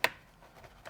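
The upper clips of the plastic B-pillar trim panel in a Tesla Model Y pop free as the upper part of the panel, where two more clips engage, is worked loose. A sharp click at 0.0 s confirms the clips have released, followed by quiet handling and a fainter click near 0.9 s.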